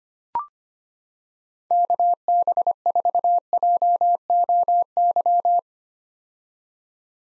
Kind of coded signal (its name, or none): Morse code